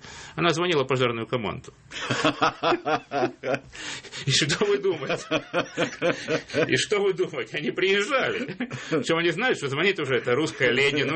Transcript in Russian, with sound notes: она звонила в пожарную команду. И что вы думаете? (смех) И что вы думаете? Они приезжают. Причем они знают, что звонит уже эта русская леди.